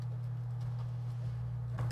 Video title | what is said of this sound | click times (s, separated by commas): [70] Replace a welded-in keyboard in a HP 15-ak085na (TPN-Q159) | that snaps in place doesn't it | 1.8 s, 1.9 s